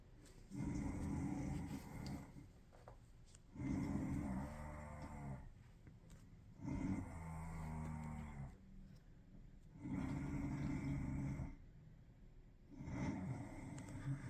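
Low, rumbling, vibrating snores repeat about every three seconds, five in fourteen seconds, roughly 20 a minute, with quiet gaps between. This is a sound effect of a snoring rat.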